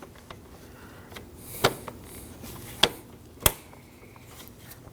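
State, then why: Seated. A plastic Y-shaped piece beside the hood latch of a 2015-2024 Ford Edge 2.0L L4 is pushed onto the small cross piece on the grille shutter while the dual radiator and condenser fan assembly is being replaced. A few faint taps and a louder knock near 1.7 s come first, then two sharp snaps at 2.8 s and 3.5 s as the clip locks into place, so it is seated.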